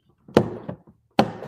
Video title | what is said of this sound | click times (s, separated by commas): Building LEGO sets | And that snaps into place. | 1.2 s